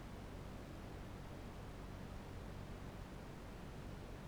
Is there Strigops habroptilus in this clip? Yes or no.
no